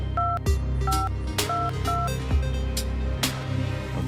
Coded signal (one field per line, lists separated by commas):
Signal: DTMF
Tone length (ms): 220 ms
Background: music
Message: 2522